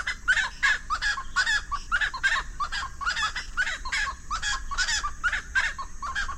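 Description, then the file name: Russet-naped wood rail giving loud, harsh cackling calls in rapid bursts of repeated notes, several a second, continuing throughout without pause. "Golosa ptic - Ryzheshapochnyj lesnoj pastushok Aramides albiventris"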